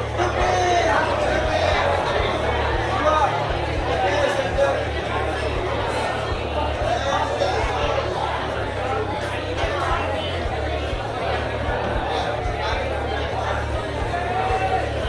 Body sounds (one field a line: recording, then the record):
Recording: background sound without coughing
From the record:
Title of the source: CITY SOUNDS Busy Bar in the Evening Night - 2 HOURS of Ambiance for Relaxation